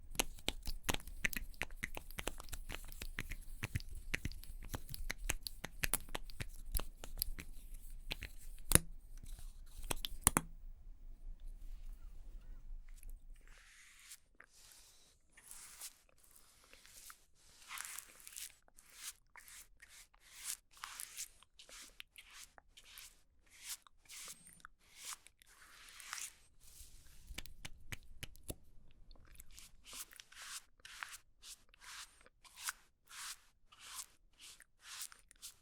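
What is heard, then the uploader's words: Makeup being applied, heard as a run of crisp, crackling taps and scratches. For the first thirteen seconds the sounds are dense and busy over a low rumble; after that they thin out into sparser, sharper clicks and brushing strokes with short quiet gaps. Doing Your Makeup ASMR No Talking.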